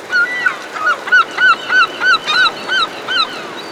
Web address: 210 Nature Sounds - 20 Hours of Relaxing Natural Ambiences for Meditation and Sleep Herring Gulls Hovering Overhead